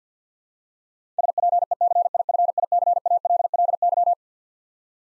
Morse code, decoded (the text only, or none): SPECIFICALLY